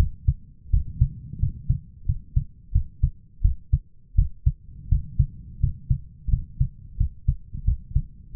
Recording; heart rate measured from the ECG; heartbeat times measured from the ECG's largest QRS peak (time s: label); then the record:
heart sounds by stethoscope; 86 bpm
0.70 s: heartbeat
1.39 s: heartbeat
2.06 s: heartbeat
2.72 s: heartbeat
3.42 s: heartbeat
4.15 s: heartbeat
4.89 s: heartbeat
5.60 s: heartbeat
6.30 s: heartbeat
6.97 s: heartbeat
7.65 s: heartbeat
8.33 s: heartbeat
From the record:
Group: healthy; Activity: rest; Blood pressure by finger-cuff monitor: 150/106 mmHg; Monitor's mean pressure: 119 mmHg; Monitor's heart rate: 85 bpm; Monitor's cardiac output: 7.1 L/min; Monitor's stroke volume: 83 mL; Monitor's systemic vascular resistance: 1240 dyn s/cm5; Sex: male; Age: 23 years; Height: 179 cm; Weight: 87 kg